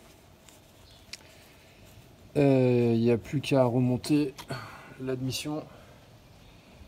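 A small screw near the new coolant expansion tank on a Peugeot 206's engine cooling system is tightened with a torque wrench set to about 8 N·m. The wrench gives a sharp, short click at 1.1 s when it reaches its setting, after a fainter tick at 0.5 s. Someone then talks from about 2.4 s onward.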